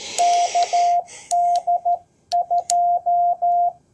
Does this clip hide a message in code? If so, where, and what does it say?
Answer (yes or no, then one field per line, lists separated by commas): yes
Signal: Morse code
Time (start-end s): 0.2-3.7 s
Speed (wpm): 13 wpm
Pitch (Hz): 700 Hz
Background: none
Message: KD2